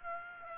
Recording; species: mosquito wingbeat signal from an infrared sensor; Aedes aegypti